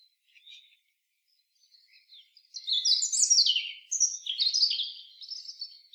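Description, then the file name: European robin song: faint notes first, then a sustained tumbling sequence of high warbled and trilled phrases with fast descending sweeps. "Erithacus rubecula"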